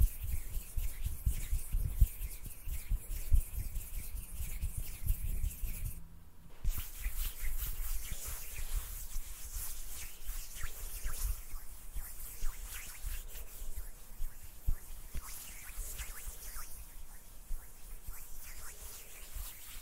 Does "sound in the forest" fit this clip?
no